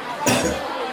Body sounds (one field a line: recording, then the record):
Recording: coughing mixed with background sound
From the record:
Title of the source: Spring Cold Coughing 3